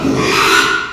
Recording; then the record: squeal of a Yucatan mini pig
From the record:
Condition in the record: after surgery on the right vocal fold (resection and tissue-engineered implant); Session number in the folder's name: 1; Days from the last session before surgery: 6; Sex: male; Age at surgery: 12 weeks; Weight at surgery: 13 kg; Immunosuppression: cyclosporine, prednisolone